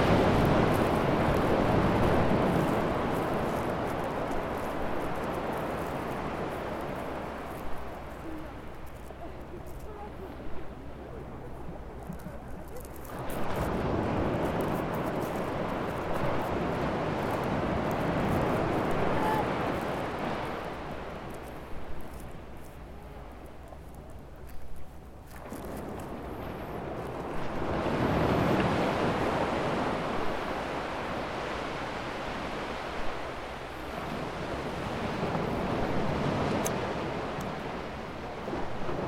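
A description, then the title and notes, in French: Waves roll in and wash out in broad surges around 0, 13 and 27 seconds, each fading to a quieter hiss before the next. L'île d'Houat, d'une superficie de 2,91 km² est situé en Bretagne. Romain a enregistré le son des vagues et des baigneuses d'avril, transis.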